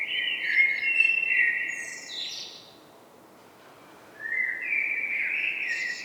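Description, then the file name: Eurasian blackbird singing a low fluting phrase that ends in a high twittering flourish, then after a short pause starting another warbled phrase. "Turdus merula"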